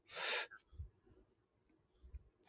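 A single sharp, hissy cough burst from an adult man, then quiet room noise: a cough in influenza A, with no fever at present and otherwise feeling well.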